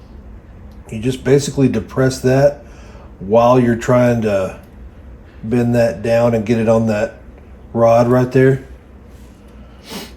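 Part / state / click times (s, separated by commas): cylinder stop spring onto its rod in a revolver frame / not seated / none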